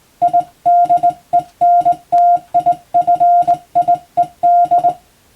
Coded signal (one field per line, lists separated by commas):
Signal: Morse code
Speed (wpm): 20 wpm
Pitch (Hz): 700 Hz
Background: music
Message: IDENTIFIED